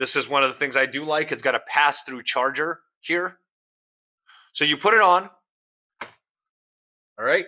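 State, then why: Seated. A plastic physical keyboard case with a USB-C plug is pushed onto a smartphone so the plug goes into the port, and it seats with a single sharp click at 6.0 s. Someone talks before and after the click.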